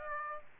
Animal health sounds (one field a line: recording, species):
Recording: mosquito wingbeat signal from an infrared sensor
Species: Aedes aegypti